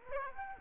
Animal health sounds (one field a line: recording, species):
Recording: mosquito wingbeat signal from an infrared sensor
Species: Aedes aegypti